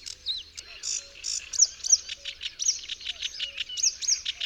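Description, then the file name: Sedge warbler song, a fast, continuous jumble of scratchy notes mixed with whistled slurs. "Rokitniczka"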